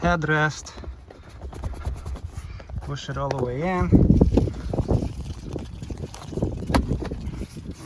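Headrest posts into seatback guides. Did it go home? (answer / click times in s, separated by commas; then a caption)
yes / 6.8 s. A headrest wearing its new leather cover on a 2019-2022 Toyota RAV4 seat is pushed all the way down, its posts sliding into the seatback guides with scraping and rustling. It locks in place with a sharp click at 6.8 s, and the headrest is seated. Someone talks throughout.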